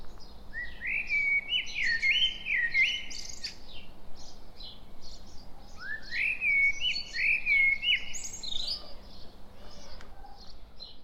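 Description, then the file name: Common blackbird song: two fluty, warbled phrases, each ending in a high squeaky twitter, over a steady low hum. "Turdus merula"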